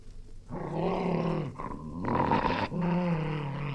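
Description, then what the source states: English springer spaniel growling deeply in several sustained, rumbling snarls, one harsher and more open-mouthed. Angry dog, snarling.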